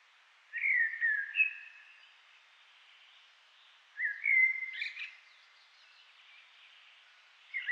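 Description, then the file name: Common blackbird giving warbled song, a low fluting phrase, a pause of about two seconds, then another melodious phrase ending in a squeaky flourish. "Turdus merula"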